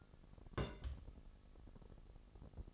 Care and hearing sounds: daily activity, microphone in the room; place on stove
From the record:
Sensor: 5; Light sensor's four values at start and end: 22/47/21/23 and 21/46/20/22

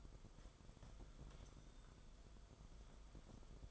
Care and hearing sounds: daily activity, microphone in the room; take from stove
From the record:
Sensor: 5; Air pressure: 994.5 hPa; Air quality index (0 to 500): 187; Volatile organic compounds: 1000 ppm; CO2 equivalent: 5502 ppm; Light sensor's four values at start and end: 43/131/52/56 and 44/135/53/58

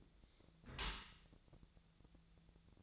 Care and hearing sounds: daily activity, microphone in the room; close dishwasher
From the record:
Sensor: 3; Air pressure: 1000.4 hPa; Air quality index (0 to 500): 174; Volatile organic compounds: 3 ppm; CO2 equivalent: 1504 ppm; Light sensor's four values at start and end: 14/36/14/16 and 14/36/14/16

